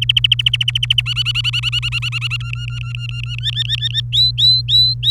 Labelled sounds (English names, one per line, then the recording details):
Domestic Canary song
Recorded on 27 April 2018 at 17:56
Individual llb3